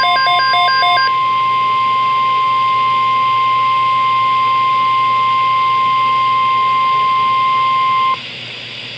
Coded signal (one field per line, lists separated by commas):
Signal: Emergency Alert System (SAME) tones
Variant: 1050 Hz attention tone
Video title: Severe Thunderstorm Watch (EAS #6)